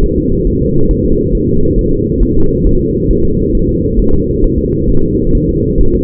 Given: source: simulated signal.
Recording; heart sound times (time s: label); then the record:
fetal heart sounds
0.04 s: S1
0.18 s: S2
0.47 s: S1
0.61 s: S2
0.91 s: S1
1.05 s: S2
1.35 s: S1
1.49 s: S2
1.79 s: S1
1.93 s: S2
2.23 s: S1
2.37 s: S2
2.67 s: S1
2.81 s: S2
3.11 s: S1
3.25 s: S2
3.55 s: S1
3.69 s: S2
4.00 s: S1
4.14 s: S2
4.44 s: S1
4.58 s: S2
4.89 s: S1
5.04 s: S2
5.35 s: S1
5.49 s: S2
5.81 s: S1
5.95 s: S2
From the record:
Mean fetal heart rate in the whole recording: 135 bpm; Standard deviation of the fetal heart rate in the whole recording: 3 bpm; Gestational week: 36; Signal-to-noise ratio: -17.7 dB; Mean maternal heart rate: 72 bpm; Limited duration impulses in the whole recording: present